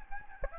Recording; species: mosquito wingbeat signal from an infrared sensor; Aedes albopictus